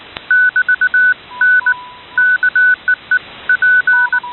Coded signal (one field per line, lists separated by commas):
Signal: Morse code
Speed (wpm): 19 wpm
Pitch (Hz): 1490 Hz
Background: none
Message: <BT> N KEEP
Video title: Let's Explore HF waves: 30MHz to 153kHz SWL